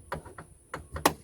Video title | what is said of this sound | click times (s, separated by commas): Ford F-150 Backup Camera Installation + Kit 2015 - 2019 - Complete Tutorial | And it'll snap into place. | 1.1 s